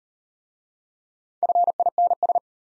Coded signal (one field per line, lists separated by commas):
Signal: Morse code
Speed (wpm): 37 wpm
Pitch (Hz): 700 Hz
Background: none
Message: FINS